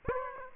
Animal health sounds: mosquito wingbeat signal from an infrared sensor; Aedes aegypti

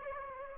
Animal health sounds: mosquito wingbeat signal from an infrared sensor; Aedes aegypti

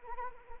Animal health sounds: mosquito wingbeat signal from an infrared sensor; Anopheles arabiensis

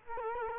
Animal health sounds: mosquito wingbeat signal from an infrared sensor; Culex quinquefasciatus

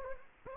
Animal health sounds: mosquito wingbeat signal from an infrared sensor; Anopheles gambiae

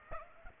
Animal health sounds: mosquito wingbeat signal from an infrared sensor; Aedes aegypti

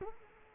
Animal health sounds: mosquito wingbeat signal from an infrared sensor; Culex quinquefasciatus

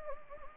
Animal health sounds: mosquito wingbeat signal from an infrared sensor; Anopheles gambiae

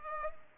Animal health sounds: mosquito wingbeat signal from an infrared sensor; Culex pipiens

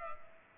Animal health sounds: mosquito wingbeat signal from an infrared sensor; Culex pipiens

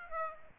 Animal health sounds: mosquito wingbeat signal from an infrared sensor; Aedes aegypti

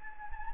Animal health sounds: mosquito wingbeat signal from an infrared sensor; Anopheles gambiae

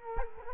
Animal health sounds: mosquito wingbeat signal from an infrared sensor; Culex quinquefasciatus

